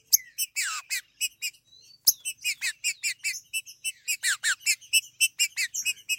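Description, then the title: Green-winged saltator singing quick downslurred chirps in fast rhythmic phrases, with a brief break and a sharp click midway. "Trinca Ferro"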